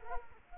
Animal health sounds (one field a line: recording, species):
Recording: mosquito wingbeat signal from an infrared sensor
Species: Culex quinquefasciatus